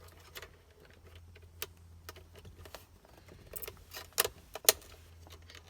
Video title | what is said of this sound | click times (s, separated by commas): E60 M5 Dual Walbro 255 Fuel Pump Upgrade! Part 2 DIY | this little cover I popped off pops right in like that okay | 4.7 s